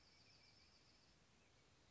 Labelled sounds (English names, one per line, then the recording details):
Bewick's Wren
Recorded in Sonoma County, California